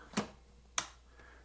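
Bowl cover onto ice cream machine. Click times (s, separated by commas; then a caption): 0.8 s. The cover over the pint on an IcyTreat IC1010 ice cream machine is lowered and turned clockwise. A softer knock at 0.2 s is followed by a sharp click at 0.8 s as the cover seats back into place. The cover is locked and ready to go.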